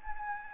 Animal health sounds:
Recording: mosquito wingbeat signal from an infrared sensor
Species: Anopheles gambiae

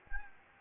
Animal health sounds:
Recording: mosquito wingbeat signal from an infrared sensor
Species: Anopheles gambiae

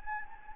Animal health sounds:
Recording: mosquito wingbeat signal from an infrared sensor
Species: Anopheles gambiae

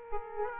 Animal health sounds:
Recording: mosquito wingbeat signal from an infrared sensor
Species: Aedes aegypti

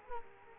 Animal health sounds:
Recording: mosquito wingbeat signal from an infrared sensor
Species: Culex quinquefasciatus

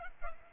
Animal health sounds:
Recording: mosquito wingbeat signal from an infrared sensor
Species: Culex pipiens

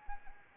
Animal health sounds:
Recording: mosquito wingbeat signal from an infrared sensor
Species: Anopheles arabiensis

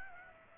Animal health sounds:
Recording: mosquito wingbeat signal from an infrared sensor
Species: Aedes aegypti

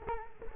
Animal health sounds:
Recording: mosquito wingbeat signal from an infrared sensor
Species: Culex quinquefasciatus

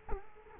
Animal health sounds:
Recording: mosquito wingbeat signal from an infrared sensor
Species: Culex quinquefasciatus

